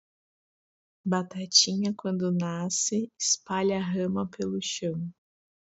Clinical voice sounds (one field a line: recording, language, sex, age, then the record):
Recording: short text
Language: Brazilian Portuguese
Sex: female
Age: 30 to 39 years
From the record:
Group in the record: control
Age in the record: 31 years